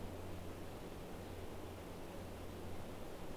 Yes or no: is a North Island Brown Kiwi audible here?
no